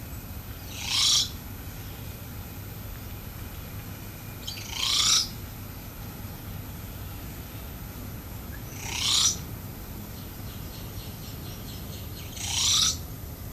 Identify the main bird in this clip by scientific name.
Procnias nudicollis